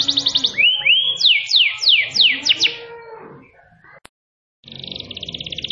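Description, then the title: Canary song with a buzzy trill, two upslurred whistles and a string of fast descending sweeps, a click, brief silence, then another buzzy trill. Kenari mewah (luxury canary) in cengkok style, a long-duration song with a special pleasing style. "Cengkok Kenari Mewah. Kenari mewah durasi panjang. Cengkok enak gaya istimewa"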